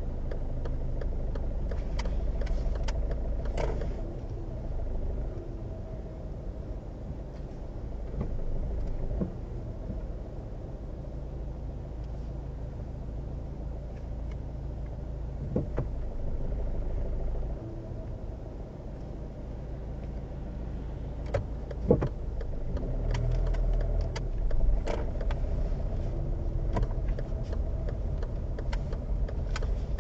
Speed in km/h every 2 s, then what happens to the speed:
0, 0, 2, 0, 0, 0, 0, 0, 0, 0, 0, 0, 8, 7, 7.
0-22 standing. 22-24 pulls away to 8. 24-30 steady at about 7.